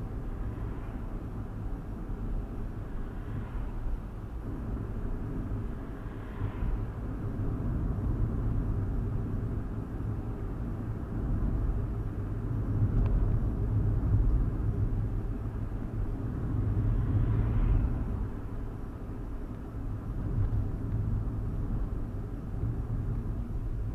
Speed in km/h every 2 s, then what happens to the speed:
45, 45, 45, 44, 44, 45, 44, 42, 42, 40, 39, 37.
0-24 slows to 37.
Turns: none.